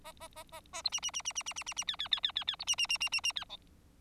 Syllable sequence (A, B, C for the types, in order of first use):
A A A A A B C C C C C C C C C D D D D D D B C C C C C C D E